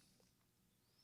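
The metal top cover of a vintage Canon demi EE17 film camera is handled and nudged under the edge of the front shell, past the counter engagement pawl. Only faint, quiet handling rustles are heard, with no distinct click. The cover has not popped into place yet, and nothing has seated.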